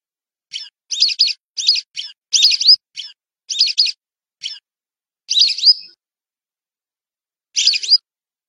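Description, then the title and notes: Whistling duck giving sharp, high whistled calls in short clusters of two or three notes, some with a rising slur, pausing between bursts; no other sounds. "Kicau Burung Belibis"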